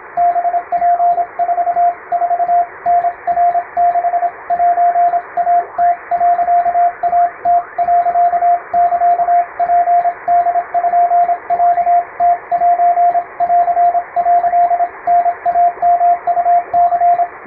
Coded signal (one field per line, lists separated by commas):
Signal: Morse code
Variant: Japanese Wabun code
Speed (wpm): 26 wpm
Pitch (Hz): 700 Hz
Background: radio noise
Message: ハツ44タナ6セイム、イム、サツポロムセン」タイヨウニ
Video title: 毎日投稿中！アマチュア無線の受信練習にいかがでしょうか。無線通信士国家試験和文電報をエレキーで打っています。実戦風ノイズがあります(morse practice for radio operator)